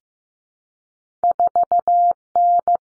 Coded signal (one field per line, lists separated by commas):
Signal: Morse code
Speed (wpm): 15 wpm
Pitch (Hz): 700 Hz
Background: none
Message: 4N